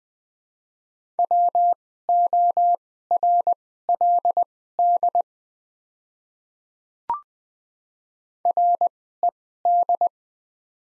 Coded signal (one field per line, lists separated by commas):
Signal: Morse code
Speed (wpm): 20 wpm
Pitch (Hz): 700 Hz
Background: none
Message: WORLD RED